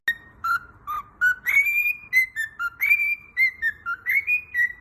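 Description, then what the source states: Cockatiel song of continuous whistled phrases, notes sliding up and down in a lively, tune-like sequence with barely any pause. Several cockatiels singing, whistling.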